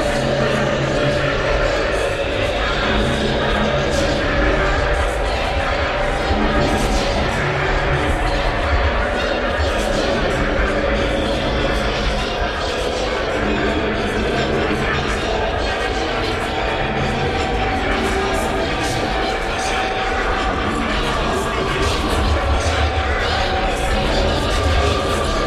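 Background chatter from a busy street crowd, a steady dense murmur of many overlapping voices with no single speaker standing out. The level stays even throughout, with a low rumble underneath and faint brighter clinks and footsteps scattered across the scene.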